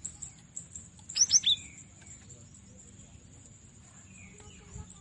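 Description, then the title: Cinereous tit uttering a brief trio of thin, high downslurred notes, fairly soft, followed by faint scattered chirps and a constant high-pitched hum. "Masteran Gelatik Batu"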